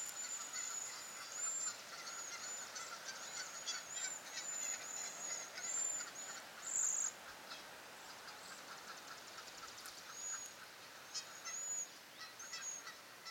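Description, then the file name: Cedar waxwing calls, thin high-pitched hissing whistles repeated many times, some rising or trilled, over steady background hiss. "Bombycilla cedrorum - Cedar Waxwing"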